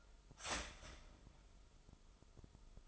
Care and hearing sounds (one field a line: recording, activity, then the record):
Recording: daily activity, microphone in the room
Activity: start toaster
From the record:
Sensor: 5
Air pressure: 988.7 hPa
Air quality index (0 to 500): 227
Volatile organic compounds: 154 ppm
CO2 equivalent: 4039 ppm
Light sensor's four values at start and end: 40/124/48/52 and 40/124/48/52